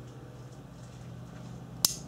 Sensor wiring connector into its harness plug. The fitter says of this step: reconnect the sensors now make sure you hear a clicking sound like